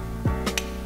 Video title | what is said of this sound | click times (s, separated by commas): Iconic Sunglass Design - Cazal vs Porsche Design - Cazal 745 - Porsche Design 8478 | pops into place and the lenses are completely secure and now you have a completely different look | 0.6 s